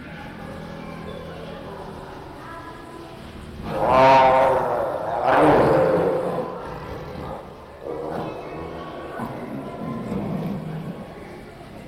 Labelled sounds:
Tiger
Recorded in captivity
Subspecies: sumatrae
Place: Tierpark Berlin, Berlin, DE
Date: 1992-10-31 11:01
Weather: sonnig bis heiter, -2 bis 3°C
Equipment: Marantz CP 430, Sennheiser ME 80, Kopie Tesla B 116
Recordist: Tembrock, Günter
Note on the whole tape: Wie V 1870/19; Kopula Versuch, Laute wie andere Aufnahme

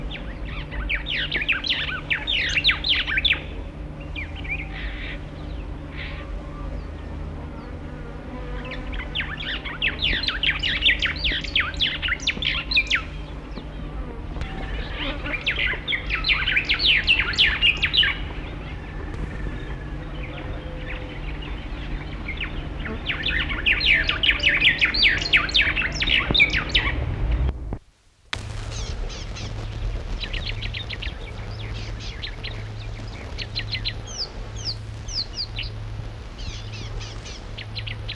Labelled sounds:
White-browed Sparrow-Weaver call
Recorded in captivity
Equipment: Halbspur, 9,5 cm/s
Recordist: Lütgens, Hans

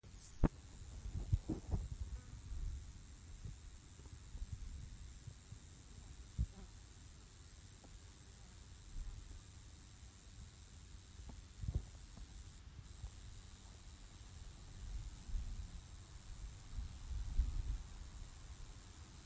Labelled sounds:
Roesel's Bush-cricket stridulation
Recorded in the wild
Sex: male
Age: imago
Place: Strausberg, Barnim, Brandenburg, DE
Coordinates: 52.5533, 13.8819
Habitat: meadow
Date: 1989-08-12 16:08
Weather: sonnig, 28°C
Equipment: Riporter 6 RG-K, Halbspur, Sennheiser MKH 416 T
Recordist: Frommolt, Karl-Heinz

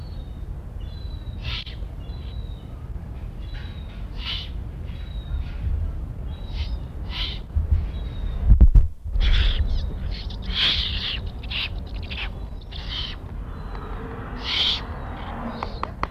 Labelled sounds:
Eurasian Eagle-owl
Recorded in captivity
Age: juvenile
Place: Zoo Halle, Sachsen-Anhalt, DE
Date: 1977-09-06 15:00
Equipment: Nagra SN, Kopie Uher Variocord
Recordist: Tembrock, Günter

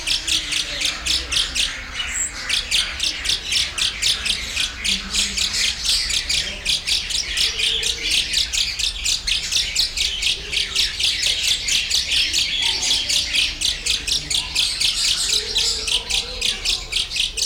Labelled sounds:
Grosbeak Starling
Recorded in captivity
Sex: male
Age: adult
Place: Zoo Berlin, Berlin, DE
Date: 1994-09-10 11:45
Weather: bedeckt, 15°C, z.T. Regen
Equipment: Marantz CP 430, Sennheiser ME 80, Kopie Uher Variocord 263
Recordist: Tembrock, Günter
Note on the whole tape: Balzfolge (zuletzt die hohen Laute)

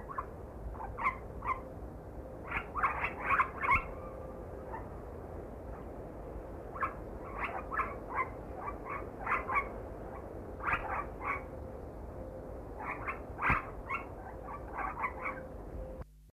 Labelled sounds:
Regent Parrot call
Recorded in captivity
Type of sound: call
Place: Artis Zoo, NL
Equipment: Halbspur, 9,5 cm/s
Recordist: Lütgens, Hans
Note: vier

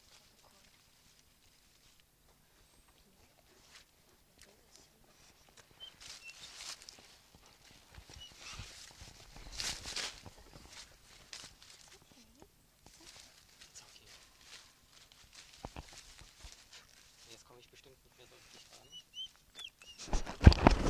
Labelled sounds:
Gray Wolf
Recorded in captivity
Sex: male
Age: adult
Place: Wildlife Park Shubenacadie, Nova Scotia, CA
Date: 1991-10-05
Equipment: Sony WM-D6C, Sony ECM-939 LT (Stereo), Kopie Uher 4400 IC
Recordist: Frommolt, Karl-Heinz
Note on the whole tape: Fiepen ("squeak") eines 6 Jahre alten handaufgezogenenen Rüden in Reaktion auf Menschen. Z. T. sehr deutlich. Unterart ist unklar

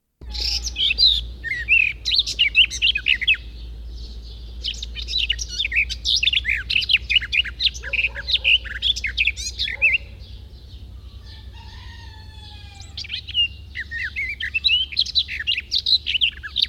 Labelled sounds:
Garden Warbler song
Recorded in the wild
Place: Bergen, Insel Rügen, Mecklenburg-Vorpommern, DE
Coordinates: 54.4135, 13.432
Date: 1969-07-10
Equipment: Nagra III BH, Sennheiser MD 21, parabola
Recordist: Schubert, Michael

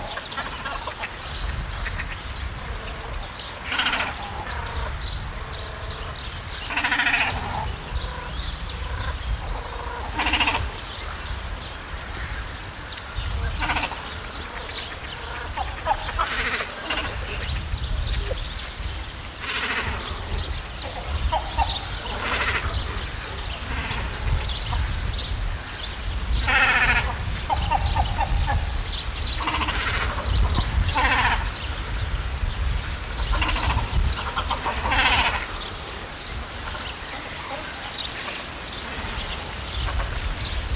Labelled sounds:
Great Cormorant
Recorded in captivity
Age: adult
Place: Zoo Berlin, Berlin, DE
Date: 1994-02-05 10:41
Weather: heiter bis wolkig, 0 °C, Wind
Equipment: Marantz CP 430, Sennheiser MKH 416 T, Kopie Uher Variocord 263
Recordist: Tembrock, Günter

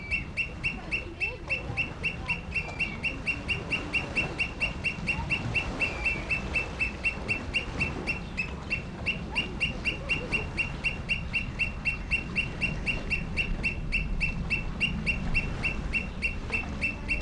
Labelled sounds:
Pied Avocet call
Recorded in captivity
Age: adult
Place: Zoo Berlin, Berlin, DE
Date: 1994-03-05 11:16
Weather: heiter, 4°C, Windböen
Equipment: Marantz CP 430, Sennheiser ME 80, Kopie Uher Variocord 263
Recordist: Tembrock, Günter

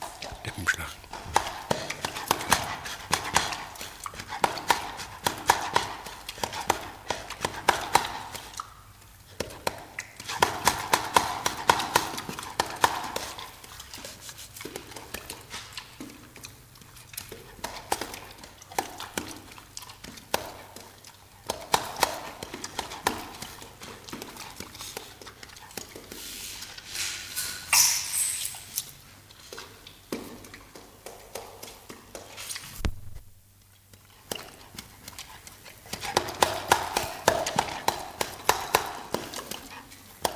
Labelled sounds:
Chimpanzee call
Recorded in captivity
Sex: male
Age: adult
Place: Zoo Rostock, Mecklenburg-Vorpommern, DE
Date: 1984-02-03 11:00
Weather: bedeckt, 3-5°C
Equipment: Nagra SN, Kopie Uher 4000 Report Monitor
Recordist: Tembrock, Günter

